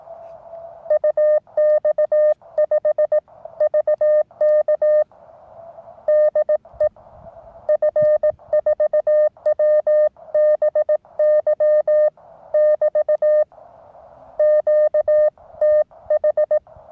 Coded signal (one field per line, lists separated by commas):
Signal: Morse code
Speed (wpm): 18 wpm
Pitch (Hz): 590 Hz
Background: none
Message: UX5VK DE F4WBY <BT> QTH